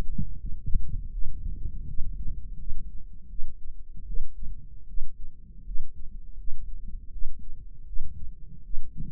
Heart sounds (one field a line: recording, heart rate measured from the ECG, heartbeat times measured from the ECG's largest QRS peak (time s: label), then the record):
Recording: heart sounds by microphone in the right ear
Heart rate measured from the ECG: 80 bpm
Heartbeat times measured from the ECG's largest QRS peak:
0.37 s: heartbeat
1.10 s: heartbeat
1.86 s: heartbeat
2.56 s: heartbeat
3.27 s: heartbeat
4.05 s: heartbeat
4.86 s: heartbeat
5.63 s: heartbeat
6.36 s: heartbeat
7.10 s: heartbeat
7.84 s: heartbeat
8.62 s: heartbeat
From the record:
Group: healthy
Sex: female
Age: 19 years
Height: 163 cm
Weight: 51 kg